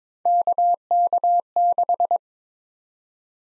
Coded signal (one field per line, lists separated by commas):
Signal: Morse code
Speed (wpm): 22 wpm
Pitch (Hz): 700 Hz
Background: none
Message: KK6